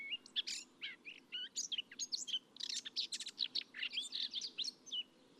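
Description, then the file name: Eurasian blackcap song: a rapid, scratchy warble of varied chirps and short whistled notes, tumbling irregularly throughout. "Sylvia atricapilla"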